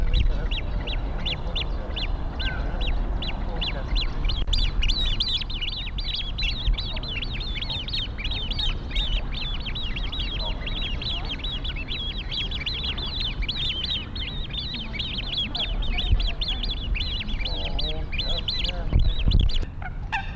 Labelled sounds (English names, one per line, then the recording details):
Great Crested Grebe call
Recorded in the wild
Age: juvenile
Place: Eutin, Holsteinische Schweiz, Schleswig-Holstein, DE
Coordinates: 54.132, 10.614
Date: 1992-09-10 10:30
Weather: wolkig-heiter, 17°C
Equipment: Marantz CP 430, Sennheiser ME 80, Kopie Tesla B 116
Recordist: Tembrock, Günter